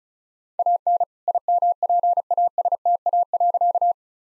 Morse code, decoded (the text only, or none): AN IMPASTA.